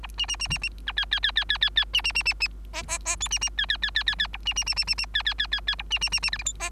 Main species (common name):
Bengalese Finch